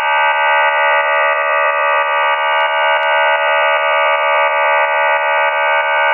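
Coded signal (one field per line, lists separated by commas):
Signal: numbers station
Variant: Q26 QPSK modem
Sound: steady dense buzzing hiss of many parallel tones, unchanging throughout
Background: radio static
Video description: Chinese digital numbers station Q26 digital counterpart to V26 operates on LSB, described as DPRC QPSK 4 by 4 MODEM.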